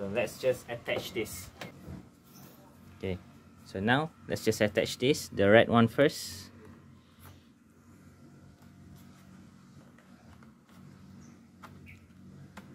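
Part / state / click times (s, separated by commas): detachable controller onto handheld game console side rail / not seated / none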